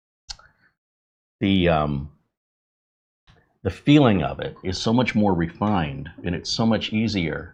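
The latch at the bottom of a plastic NAS drive tray is pressed and clicks at 0.3 s, releasing the tray so it slides out of its bay. Someone then talks about how refined and easy the tray feels.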